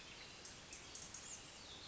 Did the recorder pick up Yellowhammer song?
no